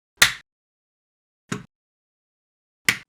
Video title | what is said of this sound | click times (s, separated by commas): Boba Fett's Ship - Star Wars - 3D Printed - Print Ideas - Best Free 3D Models Fab365 | so yeah it clicks in beautifully but not just that it now r rotates his one cylinder | 0.2 s, 2.9 s